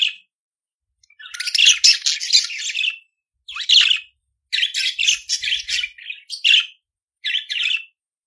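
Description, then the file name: Budgerigar warbling song: long runs of scratchy, buzzy chatter and chirps, broken by short pauses, with a few sharper squawky notes. "Canto do periquito australiano"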